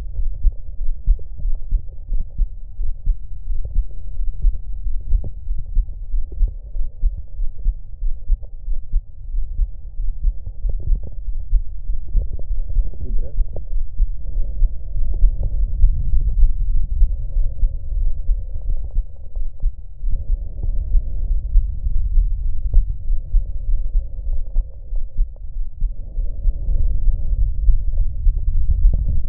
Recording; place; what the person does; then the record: lung sounds by stethoscope; right anterior apical chest; quiet breathing, then deep breathing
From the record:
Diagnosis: none (healthy); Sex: male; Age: 23 years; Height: 185 cm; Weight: 93 kg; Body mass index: 27.2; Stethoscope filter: extended mode